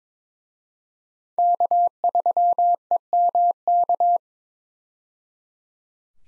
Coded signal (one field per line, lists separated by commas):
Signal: Morse code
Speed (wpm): 22 wpm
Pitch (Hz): 700 Hz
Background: none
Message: K3EMK